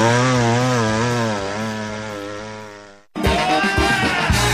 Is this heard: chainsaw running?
yes